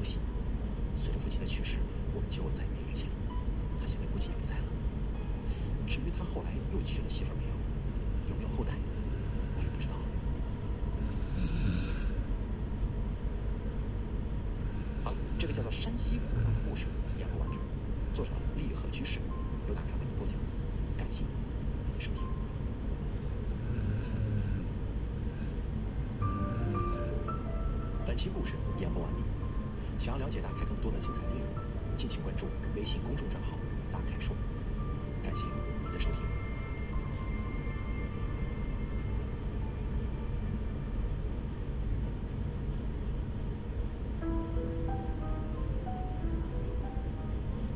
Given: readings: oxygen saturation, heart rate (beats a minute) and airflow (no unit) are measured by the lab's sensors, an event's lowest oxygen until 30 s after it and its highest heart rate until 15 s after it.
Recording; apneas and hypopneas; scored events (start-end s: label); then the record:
breathing in sleep by a smartphone at the bedside; 1
16.00-47.75 s: new sleep stage, N1 (lightest sleep)
17.00-30.10 s: hypopnea (N1, oxygen 93% highest, then 92% lowest)
From the record:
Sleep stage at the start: N2 (light sleep); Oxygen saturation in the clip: 92 to 95%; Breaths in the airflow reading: 15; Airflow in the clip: -1.9 to 4.3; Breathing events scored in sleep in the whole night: 335 in 6.7 hours asleep